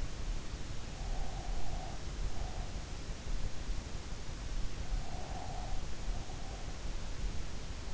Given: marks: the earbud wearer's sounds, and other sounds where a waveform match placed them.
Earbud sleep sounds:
sounds in sleep by an in-ear microphone; breath
0.80-3.07 s: breath
4.74-6.68 s: breath

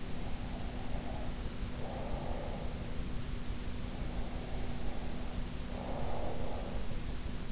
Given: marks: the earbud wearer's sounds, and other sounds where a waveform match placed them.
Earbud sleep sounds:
sounds in sleep by an in-ear microphone; breath
0.00-3.17 s: breath
3.87-7.08 s: breath

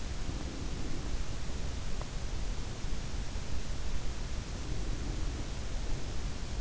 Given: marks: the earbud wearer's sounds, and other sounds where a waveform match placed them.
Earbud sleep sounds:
sounds in sleep by an in-ear microphone; breath
0.17-1.11 s: breath
4.57-5.48 s: breath

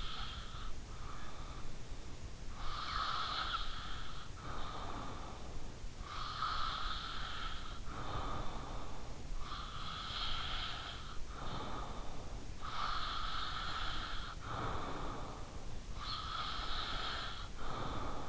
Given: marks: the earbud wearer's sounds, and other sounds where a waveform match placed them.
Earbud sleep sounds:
sounds in sleep by an in-ear microphone; breath
0.00-18.28 s: breath

